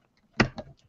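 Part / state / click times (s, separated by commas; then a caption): foot bath electrode module in its plastic holder / released / 0.4 s. A foot bath electrode module is pressed down in its plastic holder and clicks free at 0.4 s. A softer click follows at about 0.6 s. The module is released and loose enough to pull out gently.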